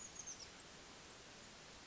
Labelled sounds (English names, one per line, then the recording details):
Oak Titmouse
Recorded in Sonoma County, California